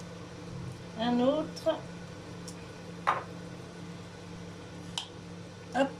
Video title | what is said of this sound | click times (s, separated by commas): Petit moment blabla & recette & dessert au Air Fryer du 6 au10 Janvier #moments #detente #airfryer | vous avez entendu le petit clic. | 5.0 s